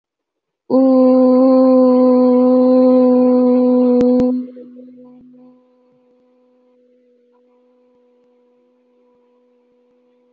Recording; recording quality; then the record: sustained vowel as in boot; excellent, no background noise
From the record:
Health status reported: healthy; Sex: female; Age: 28 years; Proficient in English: yes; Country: India